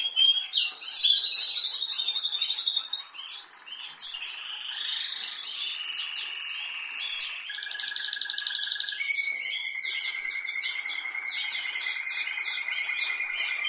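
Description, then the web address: Canary song built from a string of sustained trilled tones, each section stepping to a new pitch, amid busy twittering. "Canari Seda Canari"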